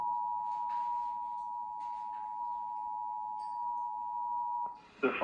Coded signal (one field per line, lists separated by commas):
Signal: Emergency Alert System (SAME) tones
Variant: 853 and 960 Hz attention tone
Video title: EAS #1780 - High Wind Warning on TV 2-23-2019